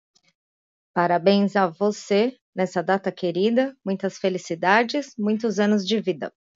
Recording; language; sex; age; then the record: short text; Brazilian Portuguese; female; 30 to 39 years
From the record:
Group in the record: control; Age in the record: 39 years